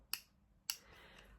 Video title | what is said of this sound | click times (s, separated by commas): DAILY VLOG: Monday 18th November - it’s injection day … how I give my injection | I'm going to just do that again I'm going to do two clicks | 0.1 s, 0.7 s